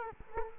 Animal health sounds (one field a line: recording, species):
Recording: mosquito wingbeat signal from an infrared sensor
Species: Culex quinquefasciatus